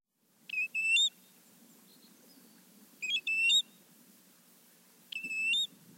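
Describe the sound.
American Golden-Plover calls: three clear, high two-part whistled notes, each a short note then a longer one, spaced a few seconds apart.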